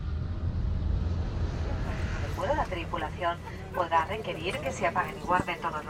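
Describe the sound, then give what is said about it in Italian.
A steady, low droning roar of an airplane cabin in flight to Buenos Aires, Argentina, fills the whole stretch, with a voice beginning to talk over the engine hum after a couple of seconds. “Ci sono passeggeri particolari seduti su questo aereo.”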